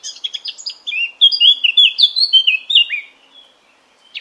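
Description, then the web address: Eurasian blackcap song: a quick chattering warble building into loud, clear fluting notes, then fading to quiet, with a brief note at the very end. "cianscape birddata Deverinetal 2025"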